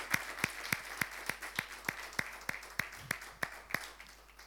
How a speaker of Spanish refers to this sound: Le damos un aplauso a estas mamás preciosas que están aquí.